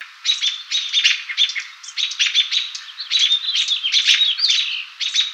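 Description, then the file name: American robin whisk calls: a dense run of short, sharp, high notes, overlapping and irregular, as if two birds call together, with steady high pitch throughout. Nocturnal flight calls, whisk calls, given by two birds. "AMRO whisks 11 two birds"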